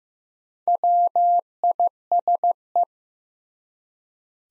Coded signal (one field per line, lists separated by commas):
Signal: Morse code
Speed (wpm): 15 wpm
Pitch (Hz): 700 Hz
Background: none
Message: WISE